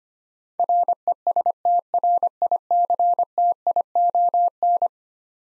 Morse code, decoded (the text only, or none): RESTRICTION